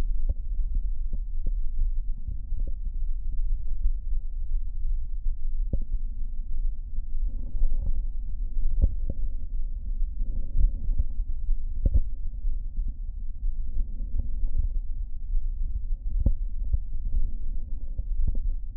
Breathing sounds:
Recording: lung sounds by stethoscope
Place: left anterior apical chest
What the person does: quiet breathing, then deep breathing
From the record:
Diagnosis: interstitial lung disease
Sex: male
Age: 65 years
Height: 161 cm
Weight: 74.6 kg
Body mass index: 28.8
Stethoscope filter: diaphragm mode

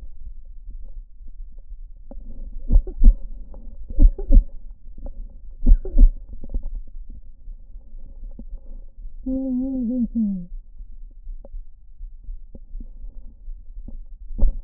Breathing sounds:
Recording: lung sounds by stethoscope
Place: left anterior apical chest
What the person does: quiet breathing, then cough and speech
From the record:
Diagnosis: interstitial lung disease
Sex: male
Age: 47 years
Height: 159 cm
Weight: 66.8 kg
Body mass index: 26.4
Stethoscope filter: diaphragm mode

